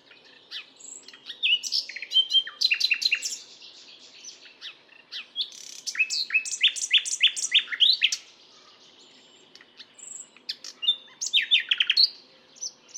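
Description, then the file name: Common nightingale song with bursts of rapid chattering notes and sharp whistles, separated by short pauses, phrases changing constantly. "Luscinia megarhynchos"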